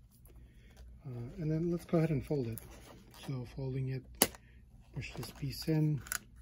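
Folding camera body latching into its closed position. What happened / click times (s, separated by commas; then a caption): The folding body is being handled and has not yet latched closed / none. Someone talks while folding a Polaroid SX-70 instant camera closed, pushing in its hinged piece with a few faint handling sounds. The clip ends before the camera body latches into its closed position; nothing has seated or clicked yet.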